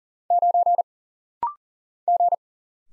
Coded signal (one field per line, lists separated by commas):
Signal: Morse code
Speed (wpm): 40 wpm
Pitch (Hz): 700 Hz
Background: none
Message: 9 G